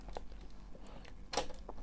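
A RAM module is pushed down into a motherboard memory slot, with one side clicking first and the other not until it is pressed fully home. Two sharp clicks are heard at about 0.2 s and 1.4 s, the second one louder. The module ends up seated in the slot.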